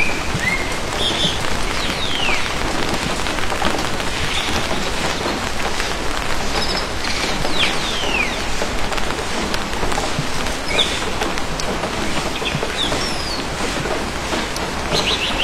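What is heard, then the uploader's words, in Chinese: Steady early-morning rain patters densely over a garden, while scattered bird calls chirp and sweep through it every few seconds. 花园北村的清晨雨声。声音都是我亲自去田野里录的。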